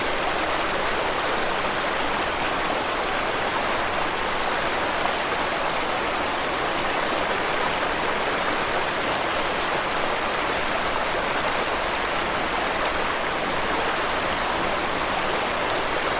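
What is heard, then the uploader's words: A flowing river runs steadily for the whole stretch, a dense, even rush of water with soft ripples and fine splashy detail on top. The sound is bright, with little low rumble, and holds at the same level throughout. Peaceful River Ambience. The tranquil sounds of a flowing river.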